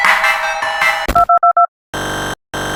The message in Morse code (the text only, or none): none